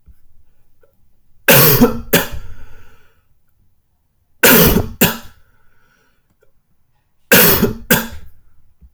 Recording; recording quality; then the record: heavy voluntary cough; excellent, no background noise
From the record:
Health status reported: healthy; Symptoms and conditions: none ticked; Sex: male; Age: 25 years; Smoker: not ticked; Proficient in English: yes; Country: United States